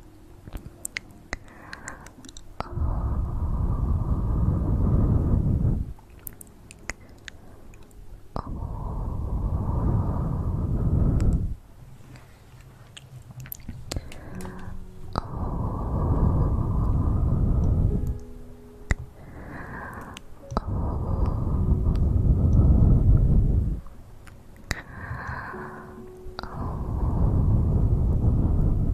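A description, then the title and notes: Mouth sounds come in loud, dense low bursts of about three seconds each, repeating roughly every five seconds with quieter clicks between. Fastest Mouth Sounds.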